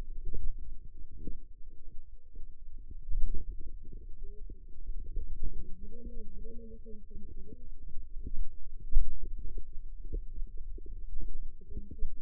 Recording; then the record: forearm muscle sounds (acoustic myography)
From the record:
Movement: finger pinch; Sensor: system 2, bracelet of six BSWA MPA416 microphones around the upper forearm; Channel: 5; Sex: female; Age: 21 years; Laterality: right